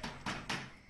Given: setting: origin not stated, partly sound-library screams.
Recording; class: one-second piece from a danger detection set; normal situation